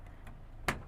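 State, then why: Released. A sharp metal latch click at 0.7 s as the rear tailgate of a 2018 Toyota Revo Cab 2.4 J Plus Prerunner pickup is released and opens easily and lightly in a single click, preceded by a faint tick at 0.3 s.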